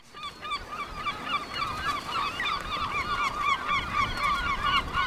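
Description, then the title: Seabird colony in full voice: rapid overlapping yelping, rising-and-falling cries packed tightly throughout, with steady wind noise underneath. Windy day, 5 June 2009, Cap Fréhel; colony on two islets east of the cape calling continuously; mono recording. "Oiseaux marins au Cap Fréhel"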